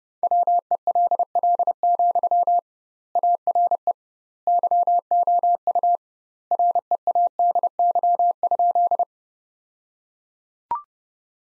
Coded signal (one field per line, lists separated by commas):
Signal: Morse code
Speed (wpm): 30 wpm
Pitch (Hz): 700 Hz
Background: none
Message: WELL, ARE YOU READY?